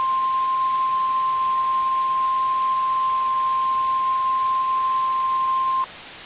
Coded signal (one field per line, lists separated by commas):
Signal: Emergency Alert System (SAME) tones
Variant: 1050 Hz attention tone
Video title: [REUPLOAD] EAS Scenario - Deadly Soda